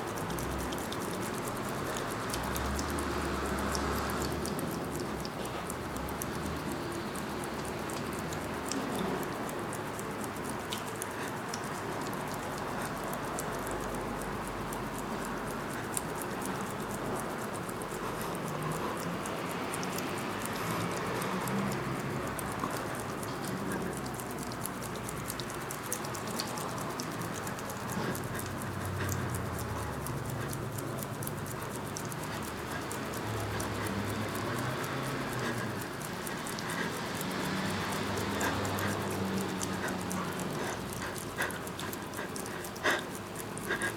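A dense, slick, crackling texture of movement fills the whole recording, steady in loudness with no real pauses. Underneath, a low traffic rumble is mostly buried, swelling faintly at moments. Short sharp clicks and rustles scatter irregularly throughout.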